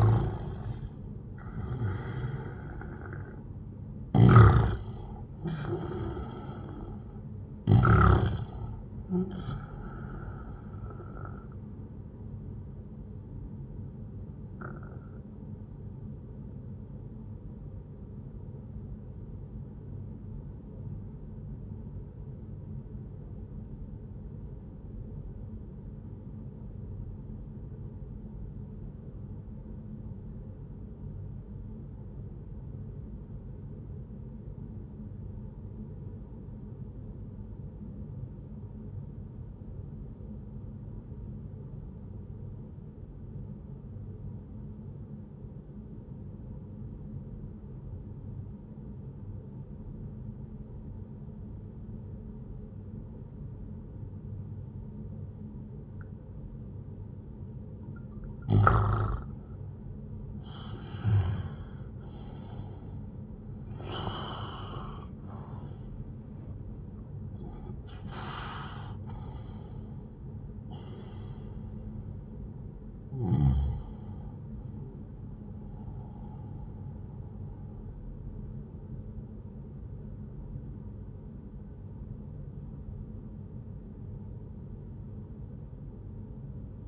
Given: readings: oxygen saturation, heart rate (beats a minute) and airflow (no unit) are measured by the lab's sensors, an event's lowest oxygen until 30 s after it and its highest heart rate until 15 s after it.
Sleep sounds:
breathing in sleep by a smartphone at the bedside; 1
19.00-57.90 s: obstructive apnea (N1, oxygen 97% highest, then 90% lowest, heart rate 67 at the start, 81 highest)
From the record:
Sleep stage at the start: N1 (lightest sleep); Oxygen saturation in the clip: 90 to 97%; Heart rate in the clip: 61 to 81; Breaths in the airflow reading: 8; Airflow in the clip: -12.5 to 12.4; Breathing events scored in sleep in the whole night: 131 in 7.2 hours asleep

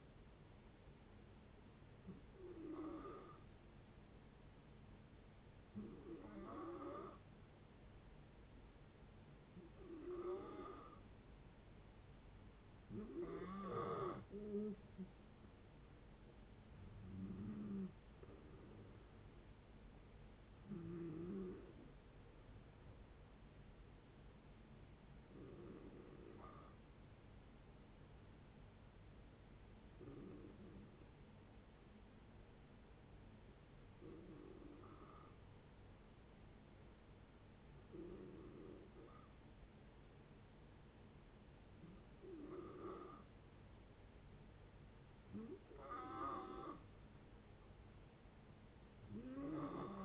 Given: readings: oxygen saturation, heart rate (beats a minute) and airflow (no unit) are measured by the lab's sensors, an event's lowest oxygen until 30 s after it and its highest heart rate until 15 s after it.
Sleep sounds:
breathing in sleep by a voice recorder at the bedside; 2
3.00-14.40 s: hypopnea (N2, oxygen 91% highest, then 90% lowest, heart rate 67 at the start, 75 highest)
30.00-45.60 s: hypopnea (N2, oxygen 94% highest, then 88% lowest, heart rate 62 at the start, 68 highest)
From the record:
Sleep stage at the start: N2 (light sleep); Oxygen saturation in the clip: 88 to 94%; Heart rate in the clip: 60 to 75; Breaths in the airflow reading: 13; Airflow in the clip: -7.6 to 10.1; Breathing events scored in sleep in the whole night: 496 in 5.4 hours asleep

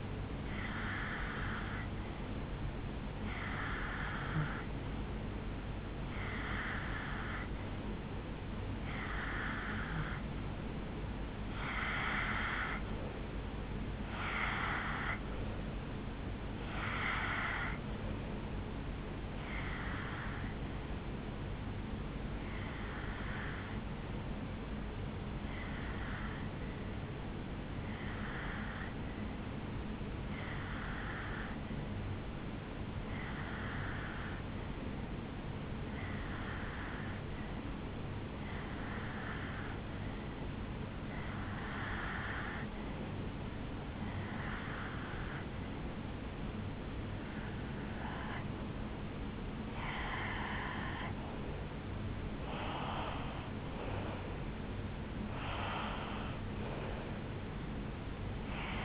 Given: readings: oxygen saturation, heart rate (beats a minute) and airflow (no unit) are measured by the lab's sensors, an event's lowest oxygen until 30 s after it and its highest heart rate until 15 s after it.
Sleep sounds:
breathing in sleep by a voice recorder at the bedside; 1
26.00-53.30 s: hypopnea (N2, oxygen 91% highest, then 88% lowest, heart rate 72 at the start, 76 highest)
44.00-58.85 s: new sleep stage, N1 (lightest sleep)
From the record:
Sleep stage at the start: N2 (light sleep); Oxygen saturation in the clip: 88 to 91%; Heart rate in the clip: 70 to 79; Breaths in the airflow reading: 21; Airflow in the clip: -8.8 to 5.0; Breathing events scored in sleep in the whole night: 449 in 7.0 hours asleep

